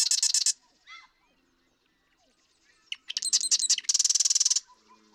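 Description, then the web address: Marsh Wren song: a fast rattling trill, brief soft notes, then ticking introductory notes building into another loud buzzy rattle. "birdsongforthecurious Marsh Wren"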